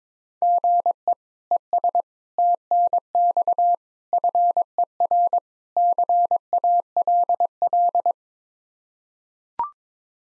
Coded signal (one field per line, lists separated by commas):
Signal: Morse code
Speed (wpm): 21 wpm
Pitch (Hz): 700 Hz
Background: none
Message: GE ES TNX FER CALL